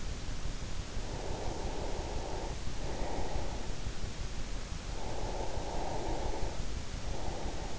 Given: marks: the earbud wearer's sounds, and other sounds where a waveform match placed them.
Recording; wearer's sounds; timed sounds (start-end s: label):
sounds in sleep by an in-ear microphone; breath
1.14-3.53 s: breath
4.80-7.79 s: breath